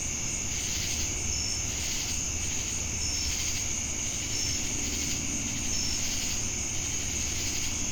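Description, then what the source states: Crickets with other insects: a constant piercing trill, regular swelling buzzy pulses, and a few clear short high notes at intervals, low background rumble throughout. Crickets with cicadas in Jamestown, North Carolina, on 10 August 2018.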